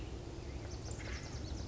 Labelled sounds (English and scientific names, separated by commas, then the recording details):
Acorn Woodpecker (Melanerpes formicivorus)
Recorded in Sonoma County, California